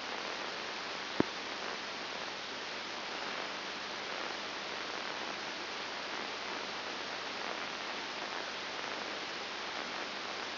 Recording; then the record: brain microelectrode recording played as sound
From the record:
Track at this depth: inside the subthalamic nucleus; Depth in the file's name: 4.701 mm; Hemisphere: left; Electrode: 2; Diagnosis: Parkinson's disease